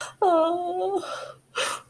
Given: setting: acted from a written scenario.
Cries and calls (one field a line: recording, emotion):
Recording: vocal sound without words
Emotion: distress